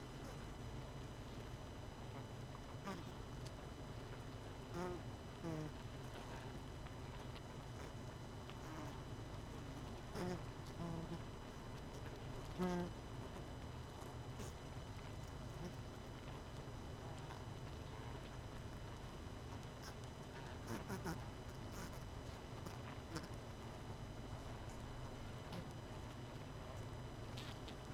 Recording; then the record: honeybee colony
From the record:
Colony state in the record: missing queen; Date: 31 May 2018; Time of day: 21:20